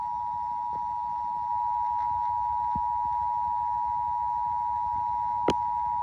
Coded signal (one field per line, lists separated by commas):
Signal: Emergency Alert System (SAME) tones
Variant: 853 and 960 Hz attention tone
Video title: Halloween Night | An EAS Scenario Reaction Pt 3